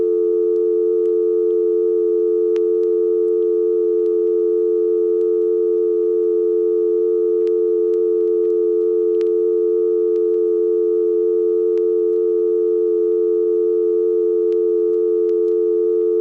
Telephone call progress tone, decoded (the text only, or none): dial tone